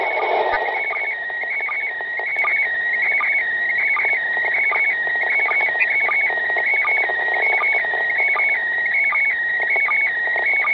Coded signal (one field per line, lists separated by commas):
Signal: SSTV (slow-scan television)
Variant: PD 180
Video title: SSTV from the ISS on quadrifilar antenna + Baofeng UV-5R (145.8 MHz)